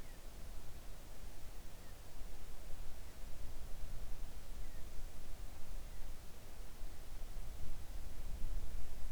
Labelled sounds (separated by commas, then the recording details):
songbird
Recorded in the Arctic National Wildlife Refuge, Alaska, on 3 August 2019 at 05:21
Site 41